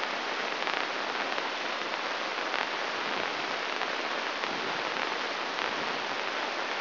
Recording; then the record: brain microelectrode recording played as sound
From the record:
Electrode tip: inside the subthalamic nucleus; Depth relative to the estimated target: -1 mm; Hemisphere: right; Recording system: AlphaMap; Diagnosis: Parkinson's disease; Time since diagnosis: 24 years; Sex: male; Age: 67 years